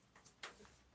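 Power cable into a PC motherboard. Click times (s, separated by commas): 0.4 s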